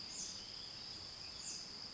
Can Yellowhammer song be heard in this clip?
no